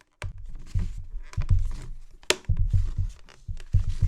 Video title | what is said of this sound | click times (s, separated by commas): How to Disassemble and Clean the Dyson V6 Vacuum Cleaner - Full Tutorial | to reattach each of the clips you'll hear a click as they reattach | 0.2 s, 1.3 s, 1.4 s, 1.5 s, 2.3 s, 3.6 s